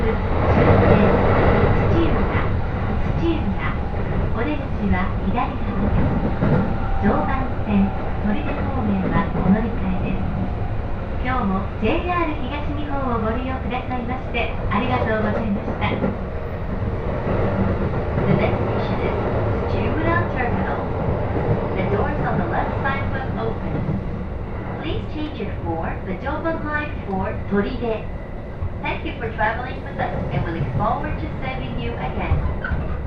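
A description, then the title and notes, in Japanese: A Joban Line local train runs between Ishioka, Tsuchiura and Toride, its deep, steady rumble filling all 33 seconds at an even level. Voices, including a woman's, talk over it almost continuously, with light rattles and clicks scattered throughout. 耳で楽しむ鉄道旅 常磐線普通 石岡→土浦→取手。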